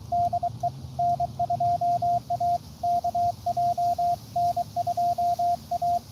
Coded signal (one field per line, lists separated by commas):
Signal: Morse code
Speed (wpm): 24 wpm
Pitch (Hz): 700 Hz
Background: radio noise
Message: DE N2AKJ N2A